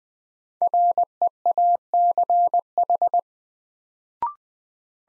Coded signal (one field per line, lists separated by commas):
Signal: Morse code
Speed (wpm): 20 wpm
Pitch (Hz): 700 Hz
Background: none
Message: REACH